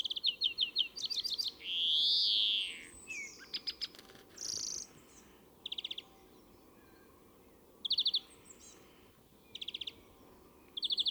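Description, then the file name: European greenfinch with a drawn-out nasal wheeze near the start, followed by scattered sharp twitters and short trills repeated every second or two. "Chloris chloris"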